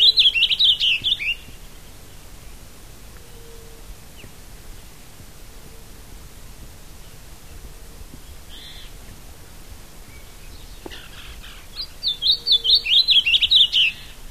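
Masked yellowthroat song: two quick, tumbling warbled phrases, one at the start and one near the end, separated by a long stretch of near silence with faint chips.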